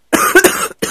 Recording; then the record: coughing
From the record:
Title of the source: 30 Chesty and wet cough